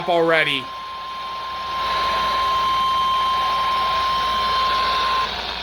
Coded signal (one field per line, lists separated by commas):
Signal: Emergency Alert System (SAME) tones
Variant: 1050 Hz attention tone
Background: speech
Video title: MARGINALS BEHAVE LIKE SLIGHTS - EAS Alerts from 06/21/2022 (EAS #476-497)